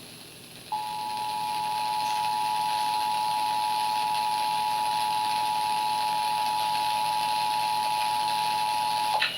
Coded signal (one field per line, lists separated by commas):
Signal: Emergency Alert System (SAME) tones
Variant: 853 and 960 Hz attention tone